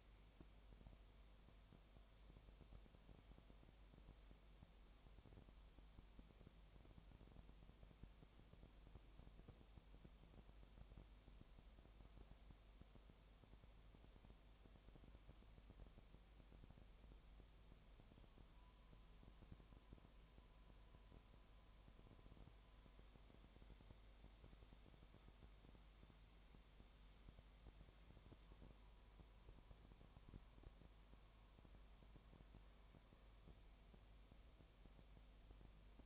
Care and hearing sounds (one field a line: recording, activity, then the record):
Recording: daily activity, microphone in the room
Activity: no activity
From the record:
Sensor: 1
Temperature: 19.7 degrees Celsius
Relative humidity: 37.1%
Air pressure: 1007.2 hPa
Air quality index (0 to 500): 144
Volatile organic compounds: 5 ppm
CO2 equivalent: 1762 ppm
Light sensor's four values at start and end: 1/2/1/1 and 1/2/1/1